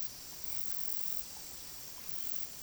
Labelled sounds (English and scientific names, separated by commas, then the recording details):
none
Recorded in pastures near Puerto Asís, Putumayo, Colombia, on 20 February 2024 at 12:30
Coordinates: 0.468, -76.328
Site G6414